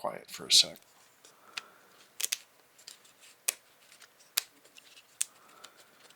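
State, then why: Seated. Pieces of a laser-cut wooden mechanical model kit are pressed into their mating wooden parts after someone talks briefly. Faint handling rustles and small taps lead to sharp, soft clicks at 3.5, 4.4 and 5.2 seconds as the parts seat together.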